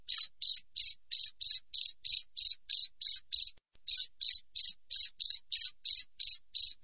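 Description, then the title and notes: Cricket chirping, a steady train of short, high, pulsed chirps about three per second, with one brief pause midway; no other sounds. Clear wild cricket chirps with tight spacing, used as a tutor recording for training songbirds and for repelling rats. "Masteran Jangkrik Alam Jernih, Jeda Rapat Cocok Untuk Masteran Burung Dan Mengusir Tikus. suara jangkrik"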